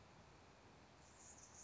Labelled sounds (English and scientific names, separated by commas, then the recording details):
Anna's Hummingbird (Calypte anna)
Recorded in Sonoma County, California